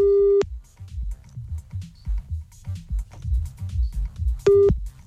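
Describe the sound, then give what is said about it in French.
A steady, mid-pitched telephone busy tone after a call is cut off sounds briefly at the start and again near the end, with a muffled, rumbling line noise filling the gap between the two beeps. “Oui, je m'excuse monsieur, on a été coupé.”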